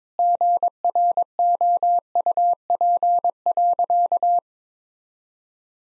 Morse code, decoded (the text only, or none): GROUP.